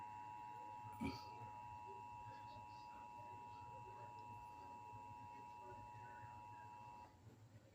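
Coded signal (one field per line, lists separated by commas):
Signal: Emergency Alert System (SAME) tones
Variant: 853 and 960 Hz attention tone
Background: speech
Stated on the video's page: Nationwide EAS test as received on Dish Network satellite TV.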